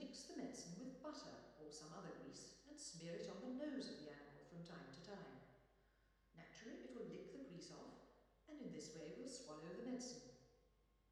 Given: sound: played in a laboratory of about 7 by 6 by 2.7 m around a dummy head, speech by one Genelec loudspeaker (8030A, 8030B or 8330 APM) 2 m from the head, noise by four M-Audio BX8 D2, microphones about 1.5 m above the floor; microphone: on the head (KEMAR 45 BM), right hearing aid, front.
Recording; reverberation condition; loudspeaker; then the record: female speech in English; high; 150 degrees to the right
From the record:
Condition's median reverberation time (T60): about 1300 ms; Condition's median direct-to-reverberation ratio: about -4.0 dB